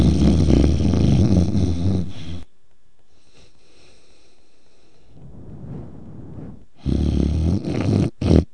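Loud, low-pitched snoring from an adult sleeper, with a quiet pause between snores.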